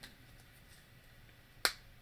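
A plastic Lego piece is pressed into position on the Lego Ideas Tree House (21318) model, giving one sharp snap at 1.7 s against quiet background. The piece falls into where it belongs but is not fully locked in place.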